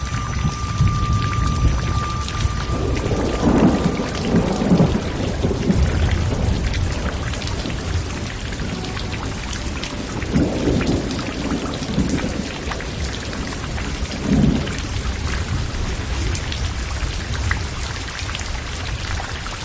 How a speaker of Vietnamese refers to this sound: Bốn phía rất yên tĩnh, nghe giọt mưa đánh vào trên màn trúc, cảm thấy tâm tư biến ảo, vui vẻ không nói nên lời.